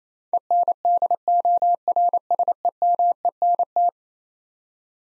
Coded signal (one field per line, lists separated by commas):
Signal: Morse code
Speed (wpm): 28 wpm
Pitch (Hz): 700 Hz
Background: none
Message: ENDORSEMENT